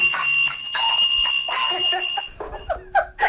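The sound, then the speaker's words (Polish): A school bell rings with a steady, shrill electronic tone for a couple of seconds, then cuts off, leaving a few brief squeaky chirps and faint chuckling. “Jaki jest ten dzwonek?”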